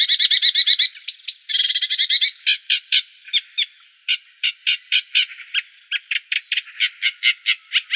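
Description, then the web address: Eurasian reed warbler song: rapid chattering notes in clusters, then spaced grating notes repeated steadily, with brief pauses between bursts. "Schulze Peter Reed Warbler song"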